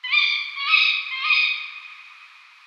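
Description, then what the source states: Tawny owl calls: a series of three rough, nasal notes, the last one stretched and fading slowly into echo. Female.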